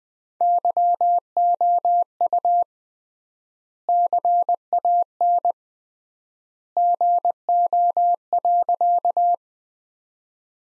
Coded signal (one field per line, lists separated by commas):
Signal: Morse code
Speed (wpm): 20 wpm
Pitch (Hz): 700 Hz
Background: none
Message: YOU CAN GO.